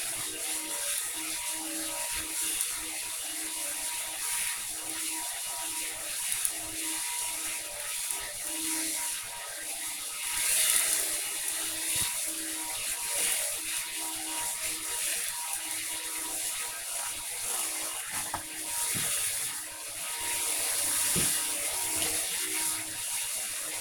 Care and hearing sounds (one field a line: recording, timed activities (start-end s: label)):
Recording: household activities, microphone on the right wrist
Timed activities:
0.00-23.81 s: vacuum cleaning